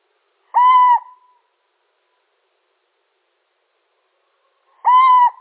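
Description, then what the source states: Little owl giving two flat hoots about four seconds apart, in otherwise quiet surroundings. Male.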